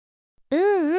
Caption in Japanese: 聴診器でお腹の音を聞かせてください。 いい感じでお薬が効いているようですよ。腸がよく動いています。